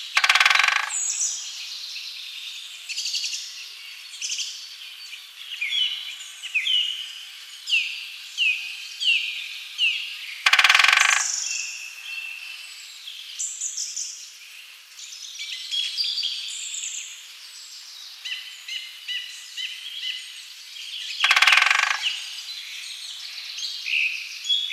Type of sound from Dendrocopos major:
drumming